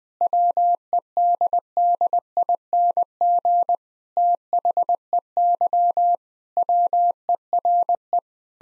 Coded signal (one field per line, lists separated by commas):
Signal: Morse code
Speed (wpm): 20 wpm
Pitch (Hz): 700 Hz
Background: none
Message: WEDDING THEY WERE